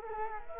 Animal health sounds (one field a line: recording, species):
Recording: mosquito wingbeat signal from an infrared sensor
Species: Culex quinquefasciatus